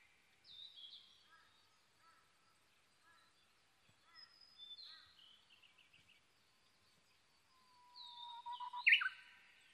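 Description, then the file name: Japanese bush warbler song: faint scattered high notes and short trills, then a clear whistle ending in a loud, sharp flourish near the end. Recorded 22 May 2011 at 05:58. "uguisu-20110522-0558"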